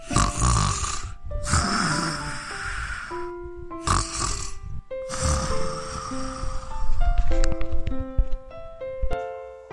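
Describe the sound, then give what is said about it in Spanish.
A lamb snores in a steady rhythm, each breathy, rasping snore followed by a brief pause, while a gentle tinkling melody plays underneath. “La ovejita roncaba dulcemente bajo su oreja. Un ronquido tras otro.”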